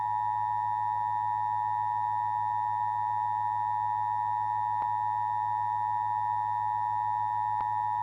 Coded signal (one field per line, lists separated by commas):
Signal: Emergency Alert System (SAME) tones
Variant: 853 and 960 Hz attention tone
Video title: Devouring Dust - A Sandstorm EAS Scenario - BlinxCat EAS